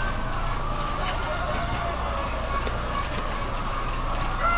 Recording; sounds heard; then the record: poultry house recording; healthy chickens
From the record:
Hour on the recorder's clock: 21